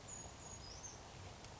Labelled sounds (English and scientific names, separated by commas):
Brown Creeper (Certhia americana)